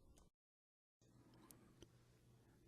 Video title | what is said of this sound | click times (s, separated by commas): Industrial Controls Video 1 | place the top of the unit on the din rail and push down firmly with both hands until the unit snaps into place | 1.5 s, 1.8 s